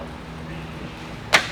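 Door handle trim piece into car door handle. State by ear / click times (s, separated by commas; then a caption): seated / 1.3 s. A door handle trim piece is fitted into the pulled-out door handle of a Hyundai i30n, with its little ledge slipped in behind the handle, and wiggled against a quiet, steady low hum. A single sharp snap at 1.4 seconds marks the trim piece popping into place, fully seated.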